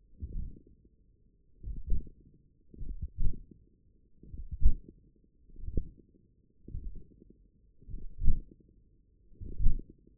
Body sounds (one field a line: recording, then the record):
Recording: forearm muscle sounds (acoustic myography)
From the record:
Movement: hand closing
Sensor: system 1, eight BSWA MPA416 microphones around the upper forearm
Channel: 3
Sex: male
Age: 42 years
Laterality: right